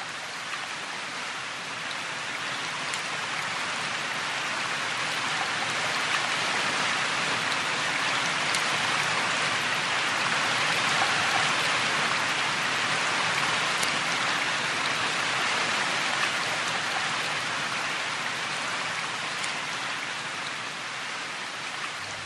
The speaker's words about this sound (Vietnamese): Chiều nay lại mưa, tiếng mưa rơi nặng hạt rào rào trên mái tôn.